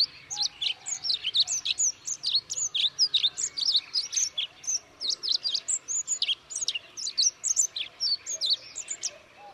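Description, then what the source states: Olive-backed pipit: steady stream of sharp, high, thin notes, mostly rising or dropping quickly, several per second. Recorded at Yushan, Taiwan.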